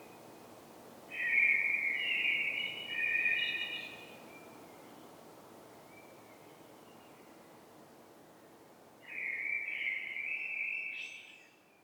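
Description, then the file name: Common blackbird singing fluted warbling phrases, the first two close together, then a pause of about five seconds before a third phrase ending in a thin high flourish. "Turdus merula"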